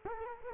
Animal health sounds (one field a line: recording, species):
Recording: mosquito wingbeat signal from an infrared sensor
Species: Culex quinquefasciatus